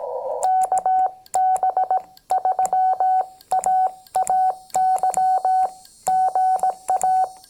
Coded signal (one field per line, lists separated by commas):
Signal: Morse code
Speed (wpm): 18 wpm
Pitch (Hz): 750 Hz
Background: none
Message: KB3AAY GA